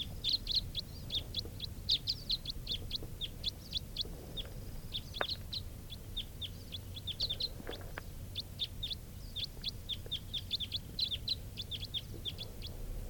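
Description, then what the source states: Red crossbill flight calls: many short, sharp high notes in rapid irregular runs over a steady low background rumble. Type 4 crossbills, wild birds flying over, moving from one grove to another without stopping; quite a few birds.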